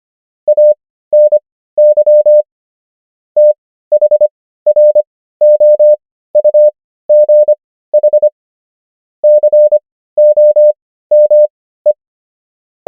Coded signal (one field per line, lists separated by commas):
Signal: Morse code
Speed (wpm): 25 wpm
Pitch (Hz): 600 Hz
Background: none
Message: ANY THROUGH COME